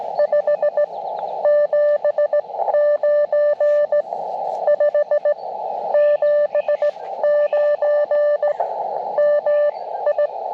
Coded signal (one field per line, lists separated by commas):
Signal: Morse code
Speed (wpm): 17 wpm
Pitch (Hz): 590 Hz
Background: radio noise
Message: 579 579 MI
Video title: Cootie Key CW POTA - QRP Activation 4/26/23